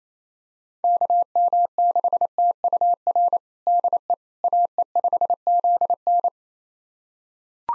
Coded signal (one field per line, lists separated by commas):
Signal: Morse code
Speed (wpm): 28 wpm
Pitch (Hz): 700 Hz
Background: none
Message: KM6TUR DE AE5ZN